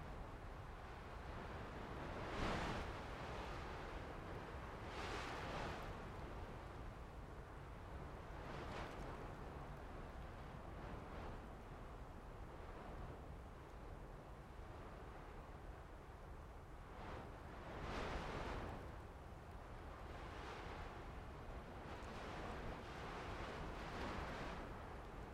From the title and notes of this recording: Sagebrush Wind. In the foothills above Ellensburg, WA, lies one of the best wind energy locations in Washington. That's where I set my mics, inhabiting a large bush. Unmastered, these tracks are direct from the recorder.